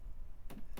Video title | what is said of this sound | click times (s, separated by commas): Drawer install | you only need a little force to see seated at the very end kind of clicks in place | 0.5 s, 0.8 s